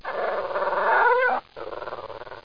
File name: Sound llama